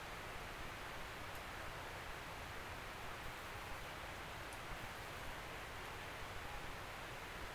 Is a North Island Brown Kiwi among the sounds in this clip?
no